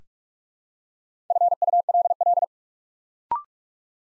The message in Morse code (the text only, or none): FULL